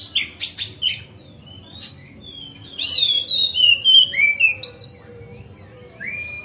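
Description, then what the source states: Oriental magpie-robin song, harsh chattering bursts followed by a lively run of sweet slurred whistles and a final whistle. Song tutoring (masteran), recorded on a terrace.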